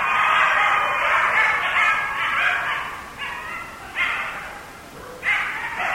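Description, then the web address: Coyotes yip and howl together in a dense, wavering chorus that breaks into short separate bursts toward the end. Several coyotes; recorded 6 November 2010. "Coyote 2010 11 06 Coyotes"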